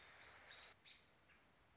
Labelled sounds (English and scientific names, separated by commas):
American Robin (Turdus migratorius)